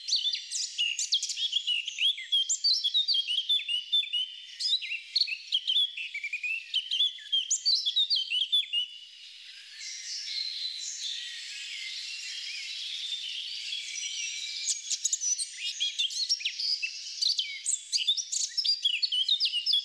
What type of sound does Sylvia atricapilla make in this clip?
song